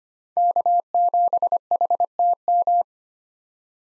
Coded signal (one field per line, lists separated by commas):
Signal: Morse code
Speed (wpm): 25 wpm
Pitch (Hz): 700 Hz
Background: none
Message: K7HTM